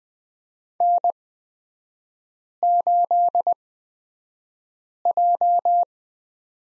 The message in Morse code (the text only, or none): N8J